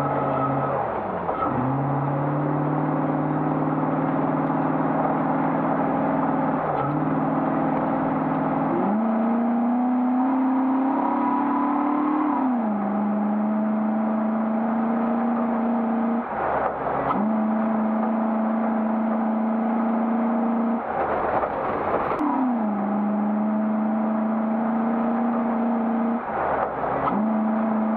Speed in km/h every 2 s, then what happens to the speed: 29, 38, 40, 39, 47, 60, 68, 68, 65, 69, 60, 68, 68, 67.
0-12 speeds up to 68. 12-19 steady at about 68. 22-28 steady at about 68.